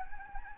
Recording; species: mosquito wingbeat signal from an infrared sensor; Anopheles gambiae